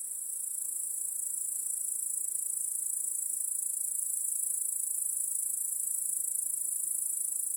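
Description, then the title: Crickets keep up an unbroken high, sizzling chorus at an even level from start to finish. Chorus of crickets in a home backyard, heard in the evening as day turns to night. "Crickets in Your Backyard 🏡"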